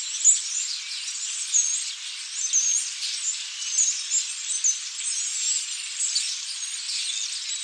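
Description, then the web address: Starlings calling: dense, continuous high squeaky chatter and squeals from several birds at once, overlapping without pause. "Blast Wave Update 1 Birds Starlings"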